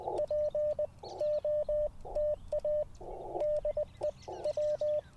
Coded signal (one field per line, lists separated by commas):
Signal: Morse code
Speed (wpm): 20 wpm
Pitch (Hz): 600 Hz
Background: none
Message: POTA DE W